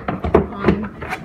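A plastic panel of a garden storage bench is handled against the bench frame while someone talks, with short knocks at about 0.1, 0.2 and 0.4 s. The panel has not seated or clicked into place yet.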